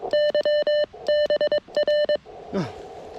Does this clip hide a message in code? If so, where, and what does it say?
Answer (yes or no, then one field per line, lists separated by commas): yes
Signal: Morse code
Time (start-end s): 0.1-2.2 s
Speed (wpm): 22 wpm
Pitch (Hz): 1800 Hz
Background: none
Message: YBR